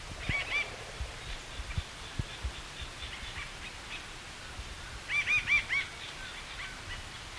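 Bird calls: two brief groups of high, arched notes, one at the start and one after five seconds, with fainter notes between.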